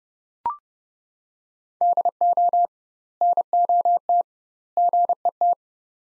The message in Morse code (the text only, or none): DO NOT GET